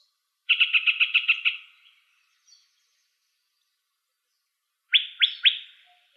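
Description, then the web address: Yellow-breasted Chat song: a rapid stuttering burst of clipped notes, silence, then three sharp downslurred notes in close succession. Recorded 24 April 2004, Arizona. "Other Warblers YBCH 042404"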